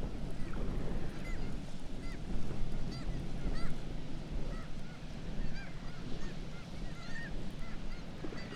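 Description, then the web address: Black-legged kittiwakes calling, many nasal, upslurred cries overlapping in a busy chorus over a constant deep, rumbling roar. "Black legged kittiwake. کاکایی-پاسیاه"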